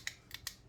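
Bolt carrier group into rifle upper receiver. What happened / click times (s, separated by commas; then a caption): The metal mechanism was pushed forward and locked into place / 0.1 s. The forward assist on a new AR rifle upper receiver is pressed repeatedly to push the bolt carrier group forward, producing three sharp metallic clicks at about 0.1, 0.3 and 0.5 seconds. The bolt head cams and locks into place, with the seating click at 0.1 seconds.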